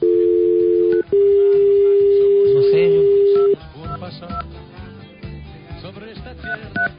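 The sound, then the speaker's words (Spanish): A steady, low telephone dial tone hums for about three seconds with a brief break, then a few short dialing beeps sound as someone places a phone call while people talk over them. “Voy a llamar a otra parte para ver si acaso encuentro en otro lado.”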